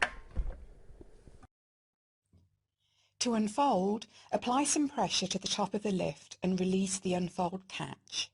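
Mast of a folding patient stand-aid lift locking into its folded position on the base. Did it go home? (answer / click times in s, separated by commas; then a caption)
yes / 0.0 s. After the mast lock lever is released, the mast of an Oxford Journey portable folding stand-aid patient lift is folded down and locks into its folded position on the base with a sharp click at 0.0 s. Faint handling knocks follow until about 1.4 s, then near silence. From about 3.2 s, someone talks.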